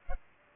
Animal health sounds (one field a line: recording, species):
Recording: mosquito wingbeat signal from an infrared sensor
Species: Culex pipiens